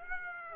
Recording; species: mosquito wingbeat signal from an infrared sensor; Aedes aegypti